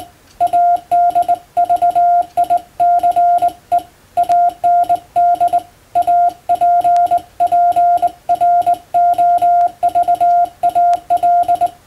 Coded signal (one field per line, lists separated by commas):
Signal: Morse code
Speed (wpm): 20 wpm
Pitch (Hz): 700 Hz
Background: none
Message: ADVICE AND APPROVAL